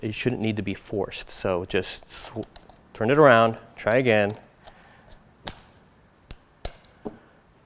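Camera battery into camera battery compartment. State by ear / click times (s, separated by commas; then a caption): seated / 6.6 s. Someone talks, then a camera battery is turned around and pushed all the way down into the battery compartment of a Canon Rebel camera. A few short clicks and taps are heard around 5.1, 5.5 and 6.3 seconds, and the sharpest click comes at 6.7 seconds as the tab locks the battery into place. One last softer tap follows at 7.1 seconds, and the battery is seated.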